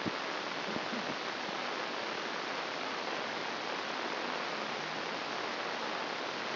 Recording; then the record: brain microelectrode recording played as sound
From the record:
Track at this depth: outside the subthalamic nucleus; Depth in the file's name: 0.346 mm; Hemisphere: left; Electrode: 2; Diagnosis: Parkinson's disease